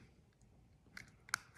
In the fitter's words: One click, two clicks, all done.